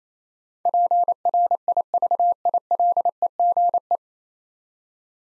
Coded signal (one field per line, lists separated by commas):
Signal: Morse code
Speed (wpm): 28 wpm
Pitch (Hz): 700 Hz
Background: none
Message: PRIVILEGE